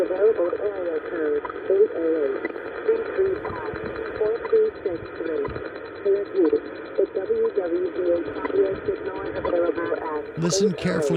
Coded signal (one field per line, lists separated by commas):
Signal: radio time signal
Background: speech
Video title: #HamRadio Live! Show 298. Solar CME’s How They Effect Our HF Bands. Plus, Bahrain DX And Ham News!